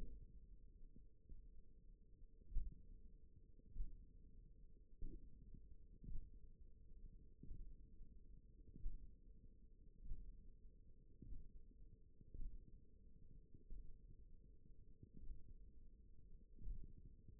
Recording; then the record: forearm muscle sounds (acoustic myography)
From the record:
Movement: finger pinch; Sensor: system 1, eight BSWA MPA416 microphones around the upper forearm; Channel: 1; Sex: female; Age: 20 years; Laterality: right